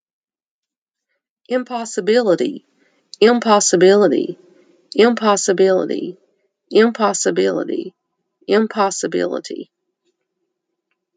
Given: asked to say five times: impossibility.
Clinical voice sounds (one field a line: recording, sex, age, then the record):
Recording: repeated word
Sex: female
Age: 50 to 59 years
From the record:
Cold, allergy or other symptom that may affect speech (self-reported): no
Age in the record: 59 years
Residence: Kentucky, United States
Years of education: 12